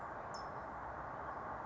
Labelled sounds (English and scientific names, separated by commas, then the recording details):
California Towhee (Melozone crissalis)
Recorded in Sonoma County, California